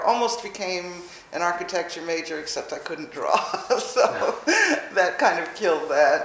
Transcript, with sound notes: I almost became architecture major except I couldn’t draw, [laughs] so that kind of killed that.